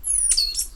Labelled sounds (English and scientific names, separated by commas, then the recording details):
Stitchbird (Notiomystis cincta) song
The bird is a male
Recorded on Tiritiri Matangi Island, New Zealand, in 2005
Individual 10, of nest box 12